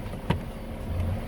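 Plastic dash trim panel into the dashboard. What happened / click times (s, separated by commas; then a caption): The plastic trim panel snapped into place / 0.3 s. On a 2011–2019 Ford Explorer, the other side of the plastic dash trim panel around the headlight switch is tucked in and pushed home into the dashboard. A single sharp snap at 0.3 s stands out over a low, steady background hum. The trim panel seats in place.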